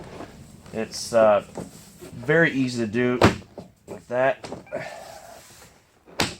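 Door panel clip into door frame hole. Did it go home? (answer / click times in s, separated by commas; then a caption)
yes / 6.2 s. Plastic push clips on a 2004–08 Pontiac Grand Prix door panel are pressed into the holes in the door frame while someone talks. A sharp snap at 6.2 s marks a clip seating into its hole.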